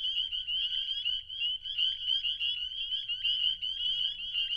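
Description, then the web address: Spring peeper chorus: countless piercing high peeps blending into an unbroken trilling drone, steady throughout. Recorded in Wisconsin in spring 2019. "Wisconsin 2019 Spring Peepers Peepin'"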